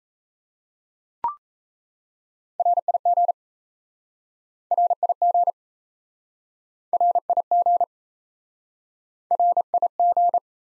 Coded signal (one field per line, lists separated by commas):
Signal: Morse code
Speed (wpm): 38 wpm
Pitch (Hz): 700 Hz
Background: none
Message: RIG RIG RIG RIG